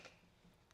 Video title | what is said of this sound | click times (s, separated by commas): DIGITEK Lite DCL-250 WBC Combo Light Review - Digitek 250W Bi Color LED Video Light Review in Hindi | तो ये इस तरह से lock हो जाता है। | 0.7 s